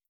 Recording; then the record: hydrophone in a shrimp aquaculture tank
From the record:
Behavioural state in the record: starved